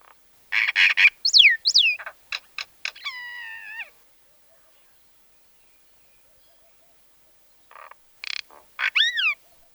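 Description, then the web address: Myna calls: buzzy rasps and steep downslurred whistles, a drawn-out wavering tone, then a pause before further rasps and a few more whistles. "soud Majna"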